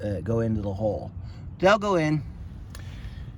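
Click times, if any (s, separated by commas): 2.8 s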